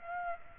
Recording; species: mosquito wingbeat signal from an infrared sensor; Aedes aegypti